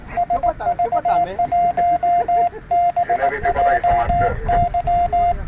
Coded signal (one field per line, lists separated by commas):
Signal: Morse code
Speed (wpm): 18 wpm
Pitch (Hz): 700 Hz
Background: speech, radio noise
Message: SV1BJY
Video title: [5/5] SV8GXC/1 & SV1BJY - The 1st SSB 10.368 GHz QSO in GREECE (SV1BJY side 3)